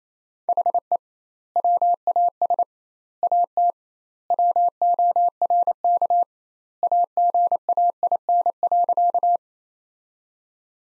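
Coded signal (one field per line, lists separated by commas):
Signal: Morse code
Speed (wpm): 27 wpm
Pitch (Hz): 700 Hz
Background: none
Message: HE WAS AT WORK AGAIN.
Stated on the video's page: Morse practice sentences from the top 200 words at 28 wpm with double standard word spacing, a Farnsworth-like method applied to words.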